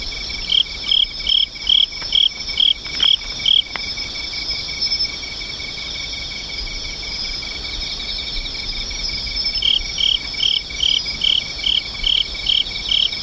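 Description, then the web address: Insects singing together: continuous high ringing drone and a rapid pulsing trill, with bursts of clear repeated chirps, roughly two per second, at the beginning and end. "cats nishikawa 201110 mushinokoi"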